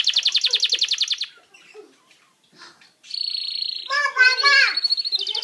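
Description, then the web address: Canary song beginning with a dense rapid trill, a pause with faint notes, then a steady high buzzy trill mixed with lower warbled phrases. "Bird Songs Canary Canary-Guitar"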